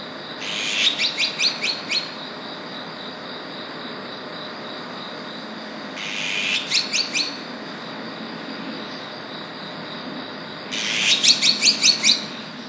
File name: azure winged magpie